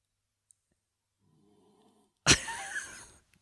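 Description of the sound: That's a man snoring. If you're wondering what this noise in the background is, it's a man snoring.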